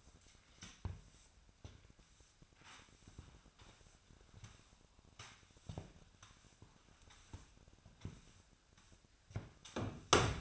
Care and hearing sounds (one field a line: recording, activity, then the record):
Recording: daily activity, microphone in the room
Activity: sweep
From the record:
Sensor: 2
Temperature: 25.5 degrees Celsius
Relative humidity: 38.8%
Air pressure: 1006.8 hPa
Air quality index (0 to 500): 198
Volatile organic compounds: 13 ppm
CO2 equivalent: 2426 ppm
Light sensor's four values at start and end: 7/18/7/8 and 9/22/9/9